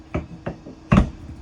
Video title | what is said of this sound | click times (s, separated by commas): Virtual Walkthrough of the 2022 Forest River Salem FSX 176QBHK Bunkhouse at Parkland RV Center | and locks into place okay it's not super started a good enough bounce will kick this right up | 0.9 s